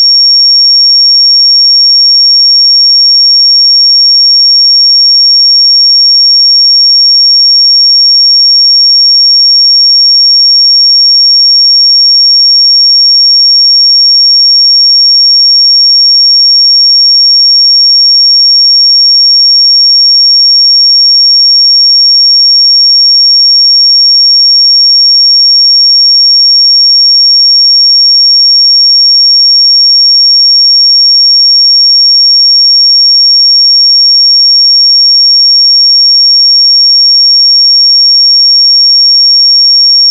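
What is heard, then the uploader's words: A pure 5532 Hz sine tone holds perfectly steady and high-pitched for the whole clip, unchanging in loudness, with silence behind it. 5532 Hz 1 Hz Interval Sine Pure Tone Frequency 441000 Sample Mono.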